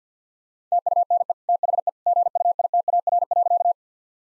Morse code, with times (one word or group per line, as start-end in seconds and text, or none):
0.7-1.3 TUNE
1.5-1.9 THE
2.1-3.7 GUITAR.